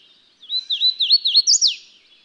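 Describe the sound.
Bird song, one rapid run of looped whistles that rise in steps, then drop steeply on a final high note; otherwise quiet.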